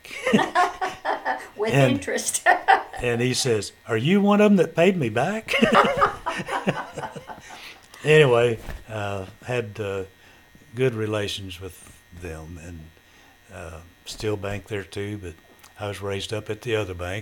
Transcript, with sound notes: And--
With interest! (Chuckling)
And he says, "Are you one of 'em that paid me back?" (Laughter) Anyway, had good relations with them and still bank there too but, I was raised up at the other bank.